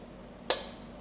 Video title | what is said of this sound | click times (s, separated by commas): Dual planet setup - CenterLock version | and if you hear an audible click on one side like this | 0.5 s